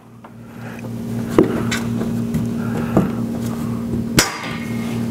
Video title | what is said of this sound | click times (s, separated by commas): Installation of Luminor Ultraviolet Water Filter | they just snap into place | 1.4 s, 4.2 s